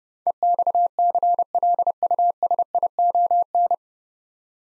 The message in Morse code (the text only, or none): EXCLUSION